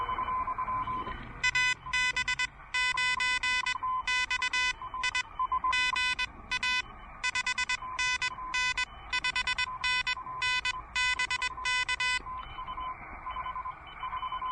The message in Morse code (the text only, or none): AB9XI GA 5NN 5NN BK